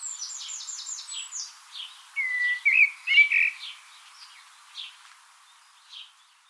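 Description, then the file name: Common blackbird vocalizing: a quick run of thin high twittering notes, then louder fluty whistled phrases in the middle, trailing off into scattered soft notes. "Turdus merula"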